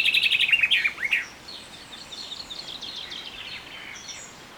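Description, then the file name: Common chaffinch song ending in a descending trill and flourish over the first second, followed by a fainter, thinner song phrase in the background. "Fringilla coelebs"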